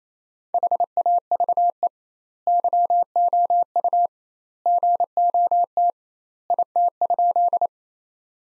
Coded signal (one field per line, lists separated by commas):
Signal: Morse code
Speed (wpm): 28 wpm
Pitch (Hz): 700 Hz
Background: none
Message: HAVE YOU GOT IT?